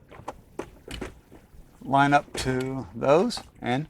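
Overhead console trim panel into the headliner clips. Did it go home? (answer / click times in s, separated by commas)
no / none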